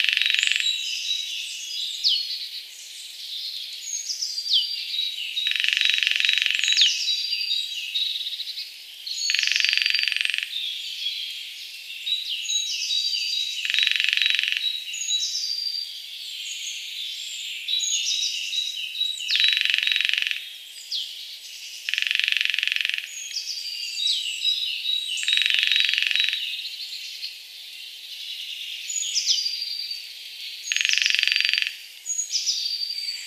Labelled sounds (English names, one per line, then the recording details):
Lesser Spotted Woodpecker drumming
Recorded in the wild
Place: Waltershofen / Freiburg im Breisgau, Baden-Württemberg, DE
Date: 2003-04-25
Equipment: MiniDisc Sharp MT 20 H, Sennheiser MKH 816
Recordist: Schwarz, Dieter